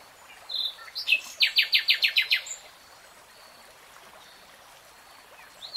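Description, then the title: Nightingale song: a short whistle, then a rapid rhythmic run of several loud repeated notes, followed by quiet hiss and a faint closing whistle. "[Tiếng chim hót] REALTIME Nightingale Singing"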